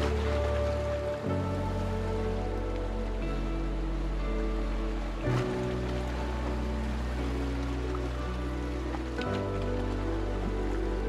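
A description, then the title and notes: Sea waves wash in a dense, steady hiss beneath soft music of long, held chords. The chords shift at about 1, 5 and 9 seconds, with low bass notes underneath. Overall loudness stays even throughout, with no sharp breaks. Relax with this binaural sound of sea waves accompanied by music to help you fall asleep for a good night's sleep. Binaural SEA WAVES Sound with MUSIC.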